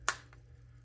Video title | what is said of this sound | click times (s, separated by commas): How to Wind and Set American Pocket Watches | instead of just pushing the case lid closed and where you hear this click | 0.1 s